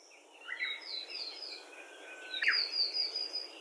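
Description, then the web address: Bird calls: a short series of high, thin slurred notes followed by a sharp chirp and a long high buzzy trill, over faint background noise. "yacho koe 61"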